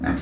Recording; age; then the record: pig call; growing-finishing pig (85 days or more)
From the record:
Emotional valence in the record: negative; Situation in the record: barren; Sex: female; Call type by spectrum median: low-frequency call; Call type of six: mixed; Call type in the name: low-frequency stable, not sure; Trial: 1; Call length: 0.22 s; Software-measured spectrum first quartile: 222 Hz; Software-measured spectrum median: 383 Hz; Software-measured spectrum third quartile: 1243 Hz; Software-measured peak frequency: 265 Hz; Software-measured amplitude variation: 125 dB a second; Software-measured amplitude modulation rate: 15.6 a second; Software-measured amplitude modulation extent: 8.0 dB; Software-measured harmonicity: 2.4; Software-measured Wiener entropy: -1.83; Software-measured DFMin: 1099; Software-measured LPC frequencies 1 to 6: 1712, 3565, 4143, 6460, 7423, 9594 Hz